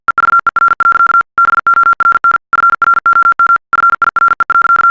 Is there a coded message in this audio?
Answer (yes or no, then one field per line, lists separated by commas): yes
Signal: Morse code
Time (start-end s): 0.1-4.9 s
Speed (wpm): 50 wpm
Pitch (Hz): 1380 Hz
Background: none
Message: EVER. BORN FROM FIRE.